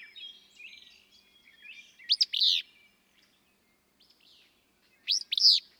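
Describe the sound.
Willow flycatcher: two loud, burry song bursts about three seconds apart, with soft chattering of other birds early on.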